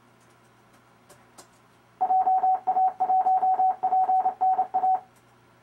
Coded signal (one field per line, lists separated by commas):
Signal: Morse code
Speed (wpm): 29 wpm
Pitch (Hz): 750 Hz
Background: none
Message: JA1PNA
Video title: Demonstration of RufzXP Morse Code practice program